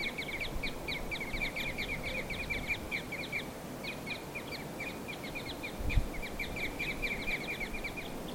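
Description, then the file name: Red crossbill giving a steady stream of short, sharp kip notes against constant background noise, with a thump near six seconds. "fichtenkreuzschnabel"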